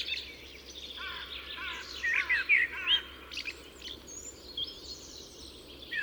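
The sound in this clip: Common blackbird uttering a run of throaty warbled notes and squeaks in the middle, with softer high chirps around it.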